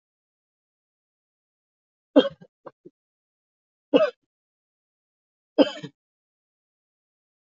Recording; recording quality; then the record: heavy voluntary cough; excellent, no background noise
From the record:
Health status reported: healthy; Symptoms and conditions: none ticked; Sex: female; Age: 37 years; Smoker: not ticked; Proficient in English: yes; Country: India